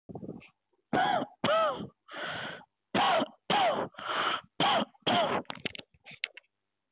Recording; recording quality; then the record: heavy voluntary cough; moderate, slight background noise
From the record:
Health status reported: healthy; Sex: male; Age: 24 years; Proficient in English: yes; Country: India